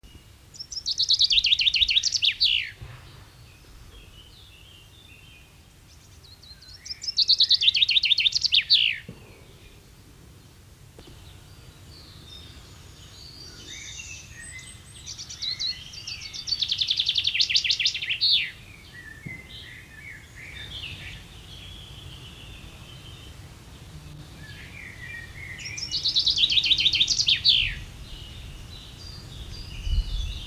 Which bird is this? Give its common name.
Common Chaffinch